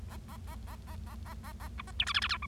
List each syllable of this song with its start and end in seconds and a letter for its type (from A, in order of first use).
0.10-0.16 A, 0.28-0.37 A, 0.47-0.55 A, 0.67-0.75 A, 0.87-0.95 A, 1.07-1.15 A, 1.25-1.34 A, 1.43-1.52 A, 1.60-1.68 A, 1.78-1.82 B, 1.87-1.91 C, 1.99-2.04 D, 2.06-2.13 E, 2.14-2.20 F, 2.22-2.27 F, 2.29-2.37 G, 2.42-2.46 H